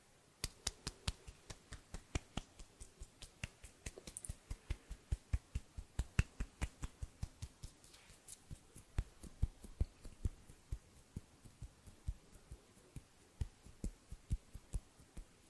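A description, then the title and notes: Finger snaps and fluttering hand sounds, a steady stream of sharp, bright clicks arriving several times a second for the full length. The taps come in loose bursts, some louder and crisper than others, over a faint low hum. ASMR HAND SOUNDS, SNAPPING and FINGER FLUTTERING around the mic NO TALKING.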